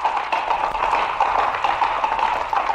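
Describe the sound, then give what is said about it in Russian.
Horse hooves pound in a fast galloping rhythm, raising clouds of dust, a steady stream of quick clattering beats with no voices over them. “Полк, полк, полк, полк, полк, полк, полк, полк, полк, галоп, цок, цок, цок, поднимая тучи пыли.”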